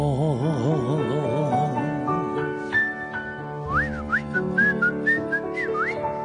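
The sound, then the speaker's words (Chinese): Someone whistles a tune while walking along the street with hands in pockets, over musical accompaniment. It starts with wavering, vibrato-laden held notes before a bright, high whistled melody takes over with quick sliding pitch turns. “吹下口哨咁喺街上边轻轻松松，两只手就插喺个袋度，然后吹下口哨咧就诶、哎、又一日啦咁样。”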